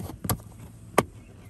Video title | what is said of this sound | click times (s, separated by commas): Lasfit TPE Custom Weather Proof Floor Mats for 2019-2021 Nissan Altima #Unboxing #Installation | boom once you hear that click you got him in | 1.0 s